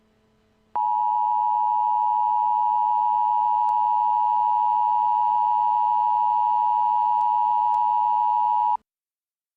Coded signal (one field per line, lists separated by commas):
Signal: Emergency Alert System (SAME) tones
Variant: 853 and 960 Hz attention tone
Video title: Evacuation Immediate (Hurricane Ian): Pinellas County, FL 9/27/22 | Emergency Alert System